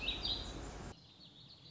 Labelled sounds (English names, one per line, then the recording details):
Warbling Vireo
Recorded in Sonoma County, California